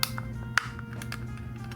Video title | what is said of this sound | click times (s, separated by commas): ION ARM UPGRADES FOR HASLAB PROTON PACK! | All right, you heard a nice click. | 0.6 s